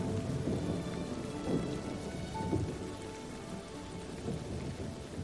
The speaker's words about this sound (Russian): Воды во дворе скапливалось немного. Повертев головой, я заметил небольшие окошки в основании стен, куда с шумом и пеной убегала дождевая вода.